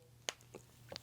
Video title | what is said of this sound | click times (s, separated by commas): Jazwares UFC Ultimate Figures Series 1 Review | you can hear that snapping into place. | 0.3 s